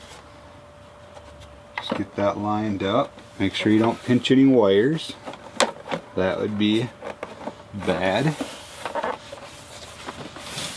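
A plastic vent is lined up for reinstallation into the fairing of a Road Glide motorcycle after fitting a Custom Dynamics LED Dynamic Windshield Trim, taking care not to pinch any wires. Someone talks throughout, with brief sharp handling sounds around 5.6, 8.9 and 10.1 seconds. The vent has not snapped into place yet, and nothing has seated by the end.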